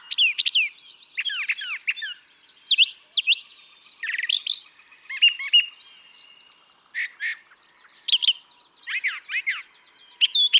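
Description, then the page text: Brown thrasher song, a dense run of varied chirps, slurs and harsh notes in quick phrases, with a buzzy trill in the middle. Same male singing a long continuous sequence at Atlanta, Michigan, March 28, 2017; repertoire estimated at about 1300 songs, including imitations of other species. "Birdsong for the Curious Naturalist. Brown thrasher"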